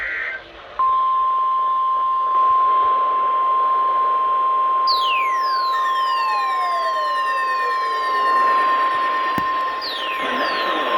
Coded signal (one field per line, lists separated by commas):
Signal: Emergency Alert System (SAME) tones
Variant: 1050 Hz attention tone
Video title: CRAZANITY II: THE SQUALL... EAS Alerts from 7/11/21 (EAS #395-416)